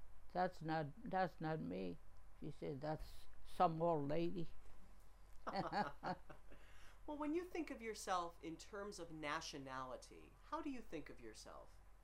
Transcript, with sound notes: that's not, that's not me. She says, "That's some old lady." (laughing)
Well when you think of yourself in terms of nationality, how do you think of yourself?